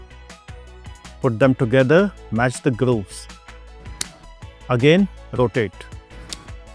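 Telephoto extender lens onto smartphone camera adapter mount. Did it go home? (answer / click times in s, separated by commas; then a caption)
yes / 6.3 s. A telephoto extender lens is placed on a smartphone's camera adapter mount with the white dots and grooves matched, then rotated until it locks. Someone talks over background music, and a short, sharp, soft click at 6.3 s shows the lens has seated.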